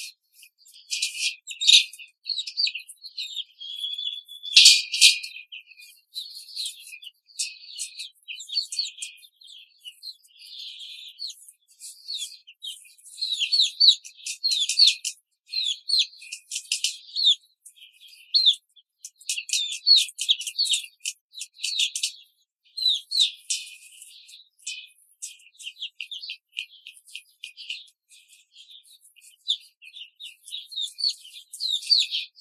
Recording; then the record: young laying hens in a cage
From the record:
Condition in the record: control cage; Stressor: none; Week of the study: 5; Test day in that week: 1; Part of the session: 1